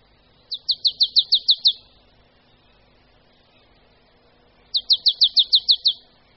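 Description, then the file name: Marsh tit giving two rapid trains of seven to eight high, clipped notes, spaced roughly three seconds apart, against faint background hiss. "Sýkora-babka"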